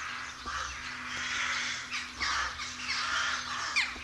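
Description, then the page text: Crowded rook chorus of coarse, grating caws, several birds calling at once in quick succession, with a steady background hum. Rook colony. "Б. Вепринцев - Голоса весны (1970) - A1. Колония грачей"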